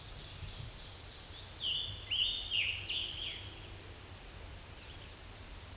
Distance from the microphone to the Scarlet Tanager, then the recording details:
about 20 m. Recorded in a Pennsylvania forest on 19 May 2023 at 10:51. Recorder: AudioMoth, point grid1_30_low. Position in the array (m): 168 m, 65 m